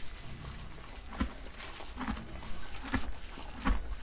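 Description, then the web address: Horse hooves clopping in a steady walk, four dull knocks spaced under a second apart over constant background noise. Recorded at Alvoco. "De Alvoco 2-Cavalo 2"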